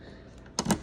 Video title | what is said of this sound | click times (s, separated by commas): AT&T gateway router BGW 320 ￼Internet connection, but no Internet, ￼ | make sure you hear a click | 0.6 s